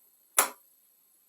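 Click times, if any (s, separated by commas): 0.4 s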